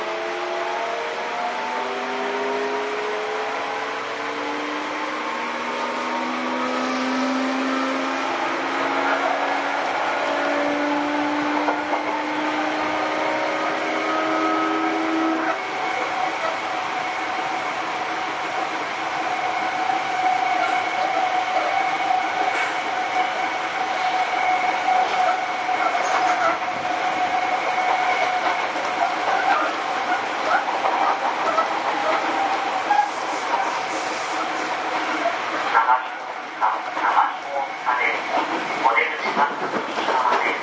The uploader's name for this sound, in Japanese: 相鉄新7000系 海老名〜横浜